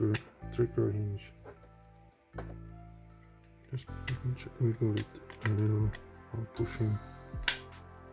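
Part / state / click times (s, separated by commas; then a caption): printed plastic trigger hinge into the pistol frame / seated / 7.5 s. A 3D-printed plastic trigger hinge is wiggled while being pushed into the frame of a Tickler SA-6 fully 3D-printable semiautomatic airsoft pistol as someone talks over background music. A single sharp snap at 7.5 s marks the hinge seating into place.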